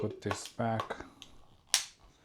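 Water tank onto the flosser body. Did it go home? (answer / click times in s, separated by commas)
yes / 1.7 s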